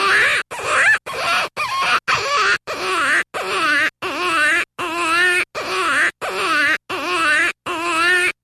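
Jackrabbit distress call: loud, harsh wavering screams, each about half a second long, repeated in a rapid, relentless series with short gaps between them.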